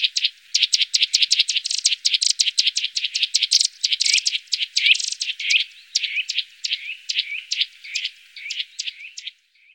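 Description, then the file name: Eurasian nuthatch delivering a long fast series of sharp high notes, later slowing into looping whistled notes before stopping. "Kleiber"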